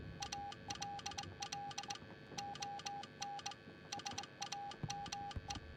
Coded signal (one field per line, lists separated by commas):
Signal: Morse code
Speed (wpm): 21 wpm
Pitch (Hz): 810 Hz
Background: none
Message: ALL ON SAME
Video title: BF1 Morse Code 5 Second try